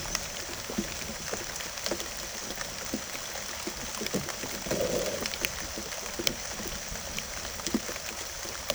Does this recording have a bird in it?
no